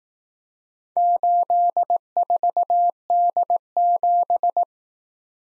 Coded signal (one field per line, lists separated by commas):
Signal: Morse code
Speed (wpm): 18 wpm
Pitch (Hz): 700 Hz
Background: none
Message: 84D7